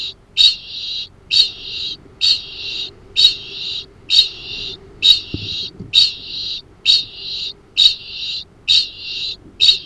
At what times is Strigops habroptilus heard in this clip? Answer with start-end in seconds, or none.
0.00-9.86